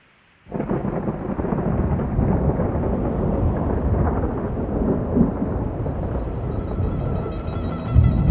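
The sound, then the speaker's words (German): Heavy rain pours steadily on a rainy day in Siena while deep thunder rumbles throughout, swelling into a louder crack near the end after a sudden onset of the downpour. “In Siena, an einem Regentag.”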